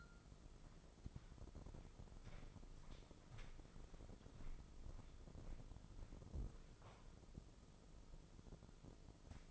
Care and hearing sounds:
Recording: daily activity, microphone in the room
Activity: walk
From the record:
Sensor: 5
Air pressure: 996.0 hPa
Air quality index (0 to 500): 249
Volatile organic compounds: 537 ppm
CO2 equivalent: 4867 ppm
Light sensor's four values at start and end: 205/492/209/230 and 205/490/208/229

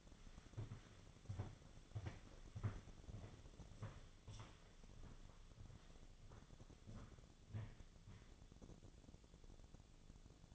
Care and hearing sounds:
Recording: daily activity, microphone in the room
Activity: walk to room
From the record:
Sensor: 4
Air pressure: 1000.8 hPa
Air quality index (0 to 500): 120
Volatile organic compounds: 1 ppm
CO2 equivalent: 906 ppm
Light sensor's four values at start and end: 57/142/60/66 and 59/147/62/68

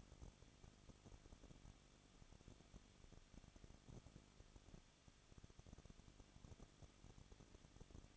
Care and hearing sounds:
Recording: daily activity, microphone in the room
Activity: no activity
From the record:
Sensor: 4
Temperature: 23.1 degrees Celsius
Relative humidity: 34.1%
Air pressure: 1007.2 hPa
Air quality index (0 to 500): 217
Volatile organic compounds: 15 ppm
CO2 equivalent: 2508 ppm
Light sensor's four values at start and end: 2/3/1/1 and 2/3/1/1

